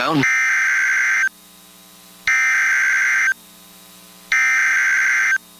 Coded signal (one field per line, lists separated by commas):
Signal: Emergency Alert System (SAME) tones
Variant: header bursts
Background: speech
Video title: EAS TBD (RARE): Tornado Warning for Downtown Pittsburgh Over KIH35 - 03/11/26